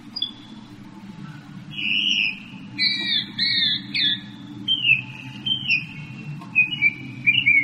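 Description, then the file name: Northern mockingbird song of varied squeaky and harsh phrases, some doubled, sung over a steady low rumbling background noise. "kicauan burung northern mockingbird. omkicau"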